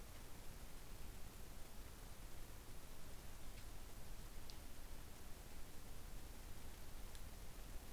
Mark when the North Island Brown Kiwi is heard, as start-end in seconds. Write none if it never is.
none